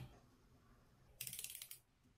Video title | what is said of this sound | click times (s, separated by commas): BIG WHEEL 80 #26 montage du haut moteur | tac, on entend le clac, tu continues toujours un petit peu plus. | 1.2 s